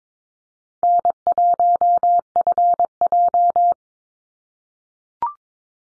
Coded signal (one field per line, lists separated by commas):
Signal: Morse code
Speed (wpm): 22 wpm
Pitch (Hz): 700 Hz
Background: none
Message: N1FJ